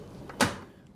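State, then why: Seated. Someone pulls the plastic clip on top of a Yakima SpareRide spare-tire bike rack and raises the folding rack bars upright on their base. A faint knock at 0.3 s comes just before a sharp, loud click at 0.4 s that rings out briefly. The arm latches into place and locks upright.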